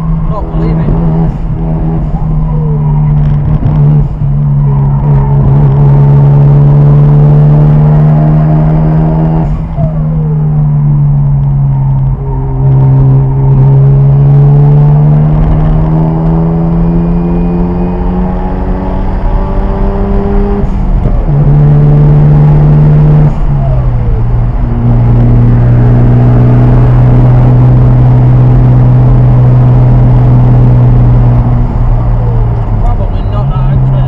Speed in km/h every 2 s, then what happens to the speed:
103, 95, 93, 100, 101, 87, 84, 106, 121, 132, 134, 135, 137, 142, 138, 130, 118.
0-3 slows to 93. 3-8 speeds up to 101. 8-12 brakes to 84. 12-26 speeds up to 142. 26-34 slows to 118.